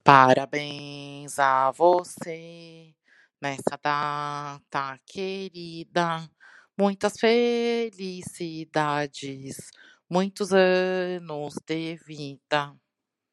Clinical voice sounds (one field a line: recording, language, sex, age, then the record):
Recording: short text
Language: Brazilian Portuguese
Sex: female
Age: 30 to 39 years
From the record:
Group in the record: control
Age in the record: 34 years